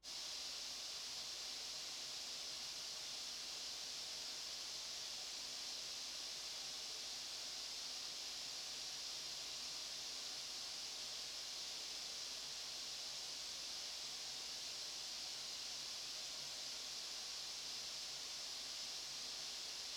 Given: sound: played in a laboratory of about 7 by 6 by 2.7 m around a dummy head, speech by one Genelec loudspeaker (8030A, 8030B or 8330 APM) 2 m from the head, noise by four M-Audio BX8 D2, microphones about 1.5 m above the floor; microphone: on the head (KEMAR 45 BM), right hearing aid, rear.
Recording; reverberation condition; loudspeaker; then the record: white noise; medium; four, about 170 cm from the corners of the room and facing them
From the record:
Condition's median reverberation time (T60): about 510 ms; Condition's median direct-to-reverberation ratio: about -0.5 dB